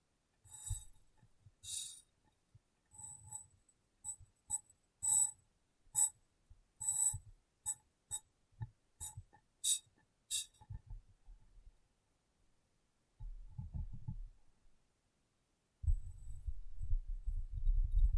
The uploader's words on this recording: ASMR Glass Brain Tapping & Cleaning (No Talking).